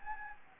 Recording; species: mosquito wingbeat signal from an infrared sensor; Anopheles gambiae